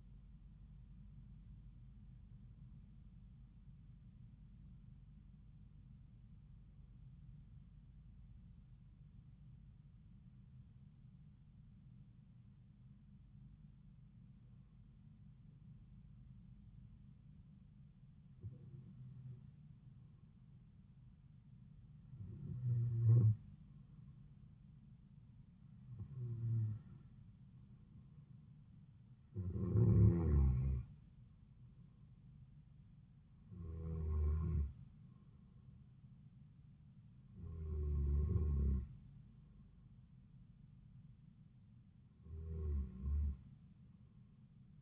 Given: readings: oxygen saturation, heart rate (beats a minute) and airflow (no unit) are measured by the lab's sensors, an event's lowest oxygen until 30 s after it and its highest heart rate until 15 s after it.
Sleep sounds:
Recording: breathing in sleep by a smartphone at the bedside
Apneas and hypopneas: 1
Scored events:
6.00-26.10 s: hypopnea (N2, oxygen 95% highest, then 92% lowest)
From the record:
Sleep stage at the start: N2 (light sleep)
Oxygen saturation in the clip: 92 to 95%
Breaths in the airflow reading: 11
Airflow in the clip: -4.9 to 5.2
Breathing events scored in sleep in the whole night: 270 in 6.1 hours asleep

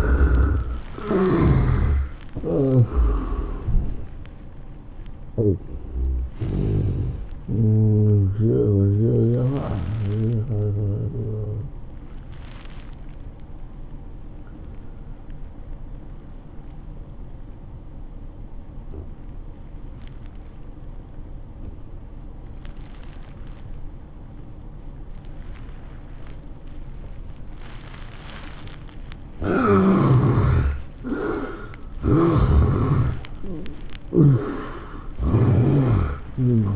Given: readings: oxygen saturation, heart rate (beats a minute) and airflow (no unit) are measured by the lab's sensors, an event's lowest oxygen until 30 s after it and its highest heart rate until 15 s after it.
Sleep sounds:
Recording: breathing in sleep by a smartphone at the bedside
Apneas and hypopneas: 1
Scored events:
10.00-32.30 s: obstructive apnea (N1, oxygen 97% highest, then 75% lowest, heart rate 108 at the start, 113 highest)
From the record:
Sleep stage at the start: N1 (lightest sleep)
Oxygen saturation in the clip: 71 to 97%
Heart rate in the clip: 89 to 111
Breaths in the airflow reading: 6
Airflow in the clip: -11.0 to 14.4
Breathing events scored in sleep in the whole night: 403 in 5.5 hours asleep

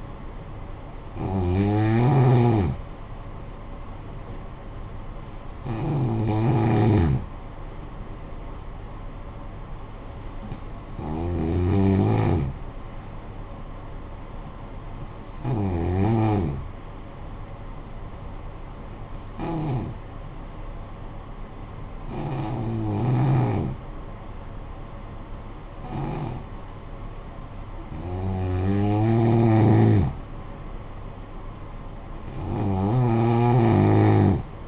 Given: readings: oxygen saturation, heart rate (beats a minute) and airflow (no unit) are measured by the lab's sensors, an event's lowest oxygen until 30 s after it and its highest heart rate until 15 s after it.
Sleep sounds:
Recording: breathing in sleep by a smartphone at the bedside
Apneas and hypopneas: 1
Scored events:
14.00-27.40 s: hypopnea (N2, oxygen 96% highest, then 90% lowest, heart rate 57 at the start, 57 highest)
From the record:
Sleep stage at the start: N2 (light sleep)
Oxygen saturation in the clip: 89 to 96%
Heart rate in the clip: 51 to 57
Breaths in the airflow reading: 9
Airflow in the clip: -8.4 to 6.5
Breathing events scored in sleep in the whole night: 445 in 7.6 hours asleep

